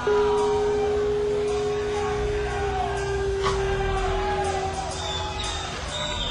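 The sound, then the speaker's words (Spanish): A concert crowd of more than 20,000 people at the Pepsi Music festival 2009, held nearly silent after the performer puts a finger to his lips, a low steady murmur with a few scattered shouts and whistles rising briefly above it, and a sustained low hum running throughout. “Tan solo algunos gritos en más de 20.000 personas casi en silencio.”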